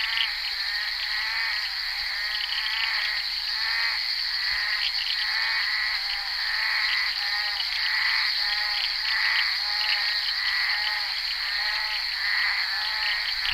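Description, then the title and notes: Chorus of bullfrogs giving rhythmic, grating pulsed calls that overlap steadily, with a constant high-pitched hum behind. Recorded during the filming of Henri Duparc's Bal poussière, February 1988. "crapaux buffle. enregistré sur le tournage Bal poussière dhenri duparc en février 1988"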